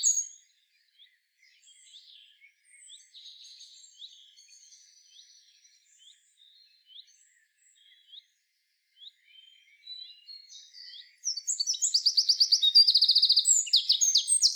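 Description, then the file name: Eurasian wren giving scattered soft, high chips for about eleven seconds, then launching into a loud, fast song with a ringing, rapid trill. "Troglodytes troglodytes"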